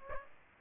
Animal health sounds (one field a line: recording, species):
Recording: mosquito wingbeat signal from an infrared sensor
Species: Aedes aegypti